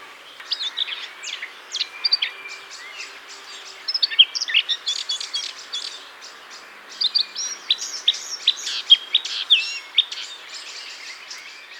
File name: Sylvia atricapilla